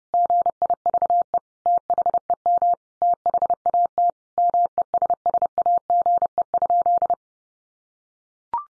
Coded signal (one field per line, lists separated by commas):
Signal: Morse code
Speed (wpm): 29 wpm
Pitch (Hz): 700 Hz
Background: none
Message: GIVE THEM THAT MESSAGE?